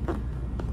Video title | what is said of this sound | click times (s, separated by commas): Making the Louise Barrel Bag by Swoon Sewing Patterns | zipper panel here has snaps that close down snap | 0.1 s, 0.6 s